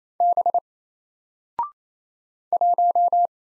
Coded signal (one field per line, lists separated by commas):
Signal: Morse code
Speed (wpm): 28 wpm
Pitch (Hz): 700 Hz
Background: none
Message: B 1